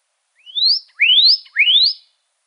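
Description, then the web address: Pyrrhuloxia calls: three clear rising whistled notes, each sweeping upward, spaced about half a second apart, with silence around them. Recorded in Arizona on 3 March 2008. "Sound Library Grosbeaks Buntings AZFO PYRR Deviche 080303"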